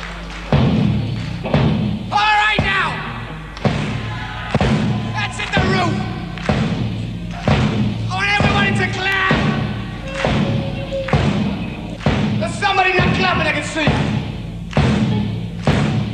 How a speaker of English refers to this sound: If you want to clap, you can.